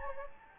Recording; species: mosquito wingbeat signal from an infrared sensor; Anopheles gambiae